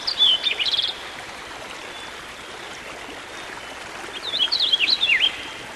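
Songbird song: a short burst of whistles and a quick trill, about three seconds of hiss, then a warbled phrase of twisting, falling whistles.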